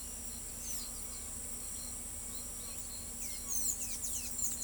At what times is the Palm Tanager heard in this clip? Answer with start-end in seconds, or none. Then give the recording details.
0.60-4.63. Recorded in pastures near Pivijay, Magdalena, Colombia, on 3 June 2023 at 06:30. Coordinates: 10.456, -74.369. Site P6-G026